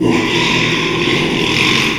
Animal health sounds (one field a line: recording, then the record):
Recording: squeal of a Yucatan mini pig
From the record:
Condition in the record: after surgery on the right vocal fold (resection and tissue-engineered implant)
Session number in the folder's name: 1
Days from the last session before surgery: 6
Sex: male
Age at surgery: 12 weeks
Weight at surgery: 13 kg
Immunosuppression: cyclosporine, prednisolone